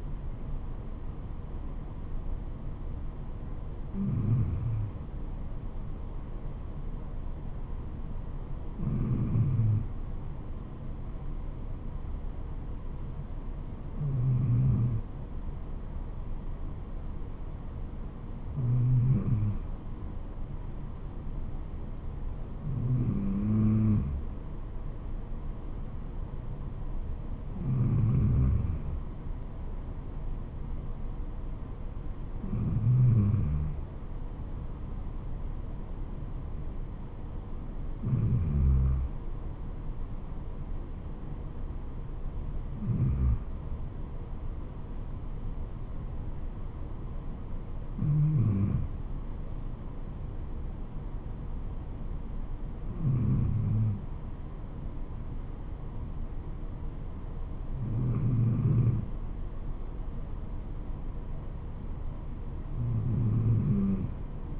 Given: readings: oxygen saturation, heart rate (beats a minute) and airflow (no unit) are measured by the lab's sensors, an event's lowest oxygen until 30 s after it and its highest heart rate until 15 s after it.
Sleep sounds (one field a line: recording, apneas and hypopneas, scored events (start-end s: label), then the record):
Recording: breathing in sleep by a smartphone at the bedside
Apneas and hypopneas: none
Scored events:
none scored
From the record:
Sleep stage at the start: N2 (light sleep)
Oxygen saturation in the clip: 93 to 94%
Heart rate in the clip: 70 to 77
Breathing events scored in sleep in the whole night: 426 in 7.4 hours asleep